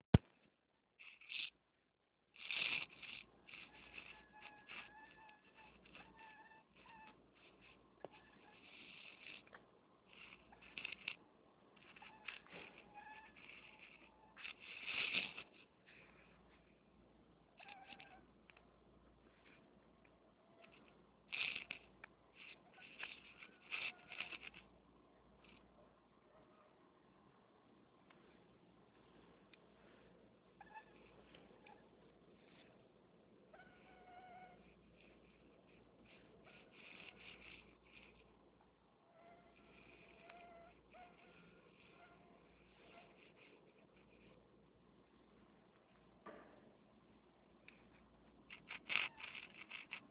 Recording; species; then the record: mosquito flight sound by mobile phone; Anopheles minimus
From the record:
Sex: male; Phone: Nokia 6555B